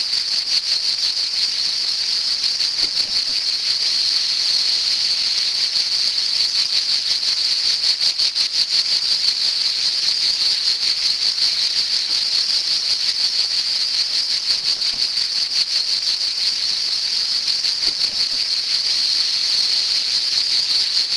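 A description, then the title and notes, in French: Cicadas drone without a break for the whole stretch, a dense, high, buzzing whine that stays level in loudness. Inside the steady hum there is a fast, even pulsing, and nothing else stands out besides a faint low rumble underneath. Cigales. L'été.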